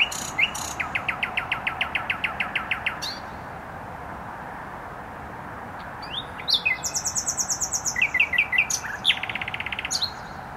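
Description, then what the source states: Nightingale singing a long, even run of repeated pulsing notes, then a pause, a high whistled phrase and another fast trill, over continuous traffic roar. Singing in bushes near a noisy motorway, Trasa Toruńska, Bródno-Podgrodzie, Warsaw, Poland; recorded with an Olympus LS-11.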